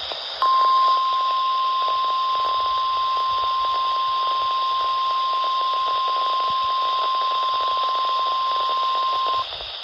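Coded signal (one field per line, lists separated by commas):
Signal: Emergency Alert System (SAME) tones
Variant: 1050 Hz attention tone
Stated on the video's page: Required weekly tests from weather radio stations.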